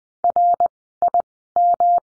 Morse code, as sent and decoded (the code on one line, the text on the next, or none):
.-. .. --
RIM